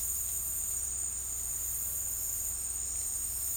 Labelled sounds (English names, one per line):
none